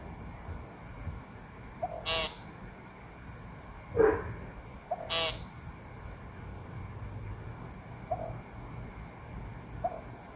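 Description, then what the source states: Woodcock giving two buzzy nasal calls about three seconds apart, a faint soft note just before each, with another brief low sound between them. Recorded on a phone and normalized; a quiet whoop, possibly an in-drawn breath, comes just before every call.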